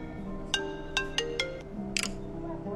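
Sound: phone ringtone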